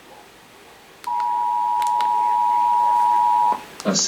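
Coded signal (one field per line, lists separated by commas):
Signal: Emergency Alert System (SAME) tones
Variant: 853 and 960 Hz attention tone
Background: speech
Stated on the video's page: EAS monthly tests from two broadcast sources plus a weekly test from another station.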